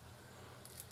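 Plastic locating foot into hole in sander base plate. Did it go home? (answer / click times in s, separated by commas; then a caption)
yes / 0.7 s, 0.8 s. A small plastic locating foot is pushed into a hole in the base plate of a Parkside 3-in-1 multi-function sander (PMFS 200 B2). Two short, bright clicks stand out over a low steady hum at 0.7 s and 0.8 s as it clicks into place. The foot is seated.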